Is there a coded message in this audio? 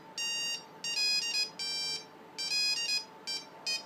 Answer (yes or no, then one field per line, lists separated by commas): no